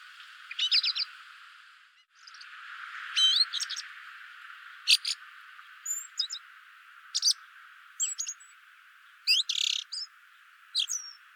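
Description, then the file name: Eurasian blackbird calls: sharp, clipped chink notes repeated at irregular intervals over a steady hiss. "Turdus merula"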